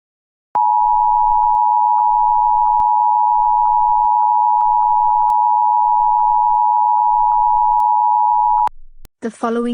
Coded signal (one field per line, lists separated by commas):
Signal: Emergency Alert System (SAME) tones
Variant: 853 and 960 Hz attention tone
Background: speech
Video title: EAS Scenario: Phoenix Birds Part 4 (Fake And Last Part)